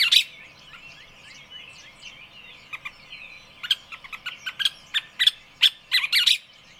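Birds twittering in a crowded mix, a loud chirp at the start, softer whistles, then a growing series of sharp tweets to the end.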